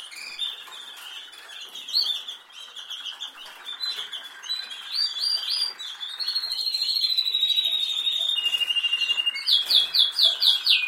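Canary song, a fast run of varied high trills and chirps, then a long even rolling trill and a burst of sharp repeated notes near the end.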